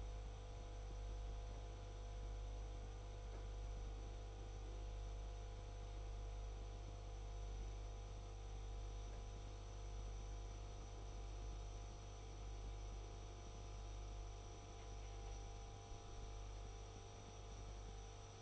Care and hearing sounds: daily activity, microphone in the room; make coffee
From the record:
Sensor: 5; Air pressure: 991.0 hPa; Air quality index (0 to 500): 142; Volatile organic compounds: 116 ppm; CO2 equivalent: 3852 ppm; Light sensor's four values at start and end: 37/115/44/47 and 37/115/44/47

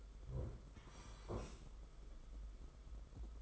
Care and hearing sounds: daily activity, microphone in the room; sit down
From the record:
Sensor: 5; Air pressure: 991.9 hPa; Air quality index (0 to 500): 144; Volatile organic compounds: 141 ppm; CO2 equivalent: 3981 ppm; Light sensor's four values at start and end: 32/108/40/43 and 32/108/40/43

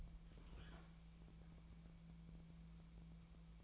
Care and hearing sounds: daily activity, microphone in the room; open fridge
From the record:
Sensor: 1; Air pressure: 1000.1 hPa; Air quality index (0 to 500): 133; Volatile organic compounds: 2 ppm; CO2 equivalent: 1257 ppm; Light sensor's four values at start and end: 37/94/39/48 and 37/93/39/48

